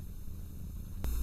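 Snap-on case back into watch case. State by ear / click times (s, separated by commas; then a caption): not seated / none. A stainless steel snap-on case back is being pressed onto an Invicta Pro Diver 23191 dive watch case by screwing down a Jorest bench watch press. A low, steady rumble and hum fill the clip, and a brief broadband burst at about 1.0 s is followed by louder low-end noise. Nothing has seated or clicked yet.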